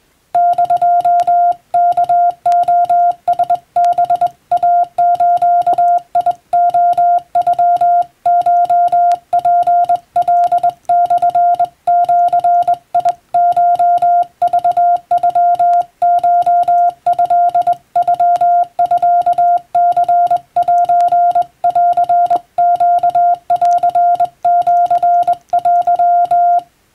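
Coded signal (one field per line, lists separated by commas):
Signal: Morse code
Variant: Japanese Wabun code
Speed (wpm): 22 wpm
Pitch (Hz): 700 Hz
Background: music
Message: <DO>ワレラハイズレノコツカモジコクノコトノミニセンネンシテ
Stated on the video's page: Hand-sent Morse, the preamble of the Japanese constitution keyed on a straight key rather than by software, for receiving practice.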